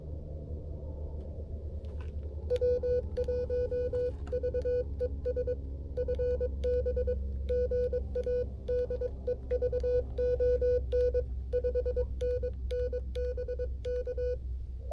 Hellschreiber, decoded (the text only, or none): none